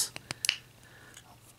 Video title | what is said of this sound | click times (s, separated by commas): Studio Series Leadfoot Unboxing | they just snap in place | 0.5 s